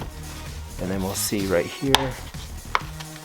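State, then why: Seated. A plastic cabin air filter cover piece is pressed into a car's filter housing while someone talks. A sharp snap is heard at 2.8 s as the clip snaps in, and the cover is seated in place.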